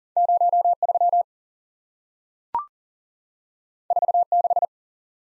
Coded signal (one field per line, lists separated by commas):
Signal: Morse code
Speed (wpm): 40 wpm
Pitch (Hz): 700 Hz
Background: none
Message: 03 46